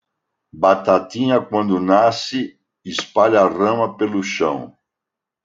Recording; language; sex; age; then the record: short text; Brazilian Portuguese; male; 60 to 69 years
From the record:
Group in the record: control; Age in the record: 67 years